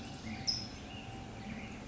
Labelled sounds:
California Towhee
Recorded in Sonoma County, California

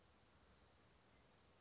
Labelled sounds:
Western Flycatcher
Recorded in Sonoma County, California

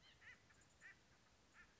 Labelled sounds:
Acorn Woodpecker
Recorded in Sonoma County, California

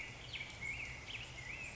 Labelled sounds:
Black-headed Grosbeak
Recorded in Sonoma County, California

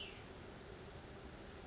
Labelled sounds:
Cassin's Vireo
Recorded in Sonoma County, California

